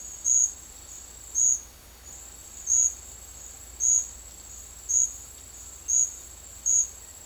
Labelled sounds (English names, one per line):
none